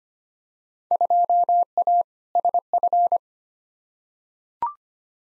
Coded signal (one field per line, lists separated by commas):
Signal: Morse code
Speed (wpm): 25 wpm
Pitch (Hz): 700 Hz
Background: none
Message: 2A SF